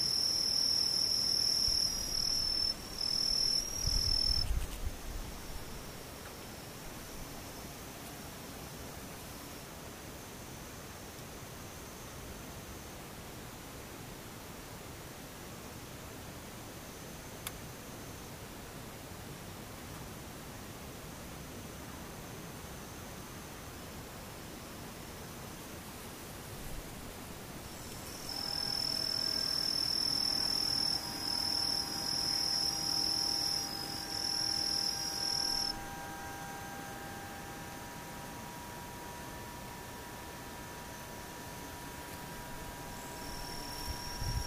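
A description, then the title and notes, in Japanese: Insects buzz in the daytime over a steady, hissing background. A high, shrill insect trill sounds near the start and again from about 28 to 36 seconds, louder, with a faint low rumble underneath. Between them the scene stays even and quiet. ムシ昼。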